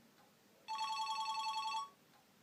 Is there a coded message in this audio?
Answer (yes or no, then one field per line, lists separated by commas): no